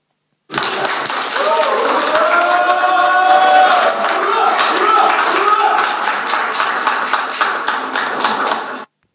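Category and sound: crowd, crowd applause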